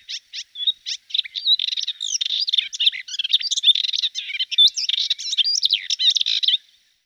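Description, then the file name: Hippolais warbler song: a few separate short notes open into a long, hurried warble of harsh and squeaky notes that stops near the end. "hypolais"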